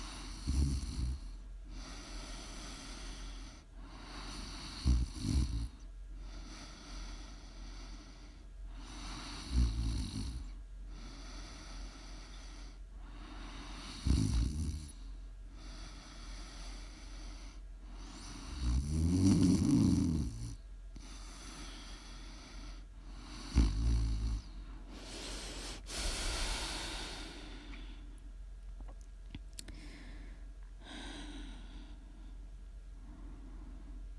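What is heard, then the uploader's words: Deep, rumbling snores come every four to five seconds, one stretched and louder near twenty seconds, over a steady soft hiss with occasional clicks. Prime ASMR snoring.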